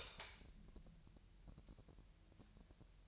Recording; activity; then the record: daily activity, microphone in the room; light on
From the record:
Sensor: 2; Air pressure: 1001.8 hPa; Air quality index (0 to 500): 239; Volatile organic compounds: 30 ppm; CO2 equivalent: 2964 ppm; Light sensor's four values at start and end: 4/10/4/4 and 8/24/10/10